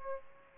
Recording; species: mosquito wingbeat signal from an infrared sensor; Aedes aegypti